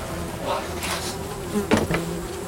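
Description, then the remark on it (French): A dense swarm of flies buzzes continuously inside train wagons holding thousands of corpses, a steady low droning hum with overlapping whines rising and falling, plus a few brief louder bursts near the end; no one speaks. “Le bruit, c'est les mouches. Il y a des nuées de mouches dans les wagons.”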